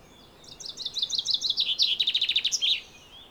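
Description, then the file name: Common chaffinch song: a cascade of bright repeated notes stepping down in pitch, accelerating into a trill and finishing with a brief high flourish. "Fringilla coelebs"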